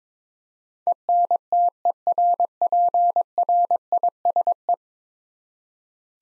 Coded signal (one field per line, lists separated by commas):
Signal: Morse code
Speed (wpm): 22 wpm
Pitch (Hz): 700 Hz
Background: none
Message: ENTERPRISE